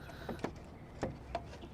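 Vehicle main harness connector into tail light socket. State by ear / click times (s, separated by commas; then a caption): not seated / none. A vehicle's main wiring harness connector is handled against the plug of a Morimoto XB Gen 2 tail light for a Ford F-150 truck. Short plastic taps and knocks sound at about 0.3, 0.5, 1.0 and 1.4 seconds over a low steady background hum. Nothing has clicked or seated yet.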